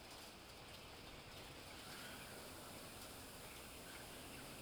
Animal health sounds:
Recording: poultry house recording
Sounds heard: healthy chickens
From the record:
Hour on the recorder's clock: 15

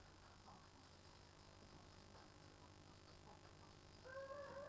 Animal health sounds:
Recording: poultry house recording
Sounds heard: healthy chickens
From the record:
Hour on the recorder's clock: 22

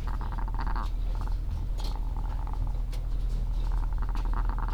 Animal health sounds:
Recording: poultry house recording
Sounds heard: sick chickens (respiratory disease)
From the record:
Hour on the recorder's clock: 12

